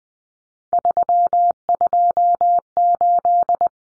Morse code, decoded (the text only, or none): 328